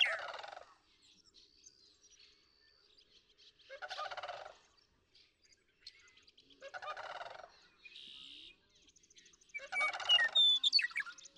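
Sandhill crane rattling calls, harsh pulsed bursts repeated about every three seconds, with faint chirps of small birds in the gaps.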